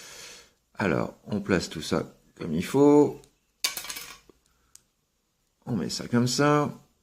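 Someone talks while fitting two small plastic pegs of a transforming robot toy so they will clip into its arms, with a burst of plastic handling clatter around 3.7 s and faint taps after it. Nothing has seated or clicked yet.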